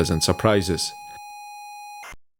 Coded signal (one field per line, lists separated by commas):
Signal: ZX Spectrum tape loading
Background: speech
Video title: 📻 The world without Internet - Software broadcast on radio (8-bit comp., cassettes, teletext, BBS)